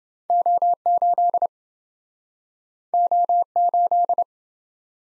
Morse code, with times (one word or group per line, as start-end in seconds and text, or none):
0.3-1.5 O8
2.9-4.2 O8